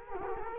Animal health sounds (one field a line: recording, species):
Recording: mosquito wingbeat signal from an infrared sensor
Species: Culex quinquefasciatus